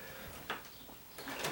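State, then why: Not seated. A wooden door, its bottom just rasped, is swung shut so its latch bolt meets the strike plate in the door frame: a sharp knock comes at 0.5 s, followed by a longer scraping, rubbing burst from about 1.2 to 1.5 s. The latch fails to catch and nothing has clicked into place, because the door rubs just below the strike pocket.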